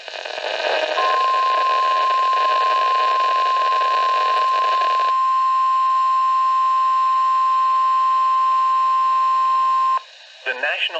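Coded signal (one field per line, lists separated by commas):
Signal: Emergency Alert System (SAME) tones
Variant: 1050 Hz attention tone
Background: speech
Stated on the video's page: Fictional EAS scenario set in Chicago.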